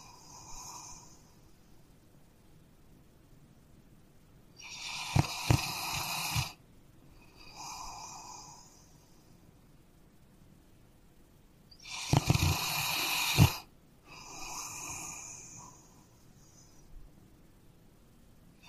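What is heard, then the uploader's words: A dog snores in a slow, regular rhythm: soft airy breaths alternate with louder rattling snorts near 5 and 12 seconds. ASMR Dog Snoring.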